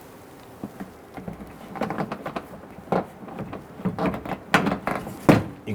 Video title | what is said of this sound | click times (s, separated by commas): How to Replace Back Up Camera 2011-2017 Nissan Quest | can feel the buttons line up and simply go around the perimeter locking it in | 4.5 s, 4.9 s, 5.3 s